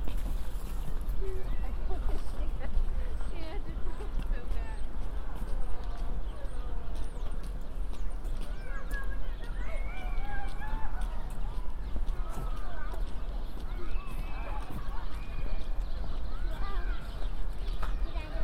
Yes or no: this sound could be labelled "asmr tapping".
no